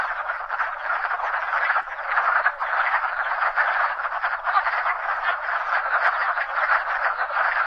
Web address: Frogs Toads of North America Wood Frog